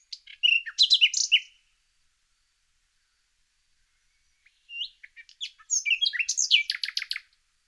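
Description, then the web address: Common nightingale song: two bursts of varied, rich chirps and sharp whistled notes separated by a silent pause of about three seconds. "IVN Zangvogels. Nachtegaal"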